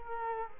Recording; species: mosquito wingbeat signal from an infrared sensor; Culex quinquefasciatus